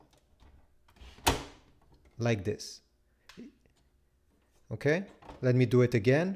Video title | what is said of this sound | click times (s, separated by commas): HP Deskjet 3700 Series (3772): How to Install Ink Cartridges | it's okay if it's in this position because then take your Tom and push it upwards until it clicks foreign | 1.3 s